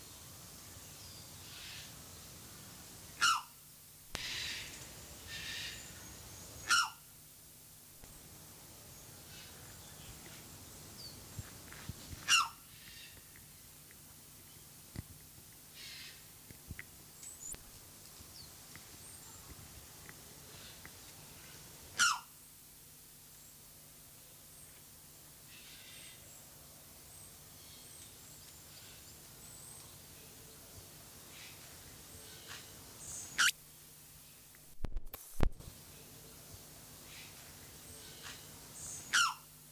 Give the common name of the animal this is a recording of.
Trumpet Manucode